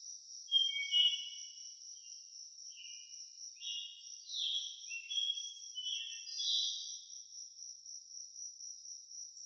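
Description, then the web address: Crickets give a steady, unbroken high trill throughout, while birds add scattered short chirps and whistled notes over the top. Nature ambience with crickets and birds. "Epidemic Sound. Nature Birds Crickets"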